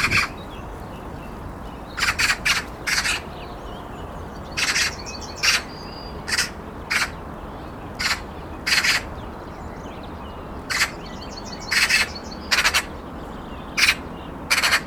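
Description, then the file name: Eurasian magpie uttering rasping chack notes, singly and in quick clusters of two or three, at uneven intervals. "Pica pica"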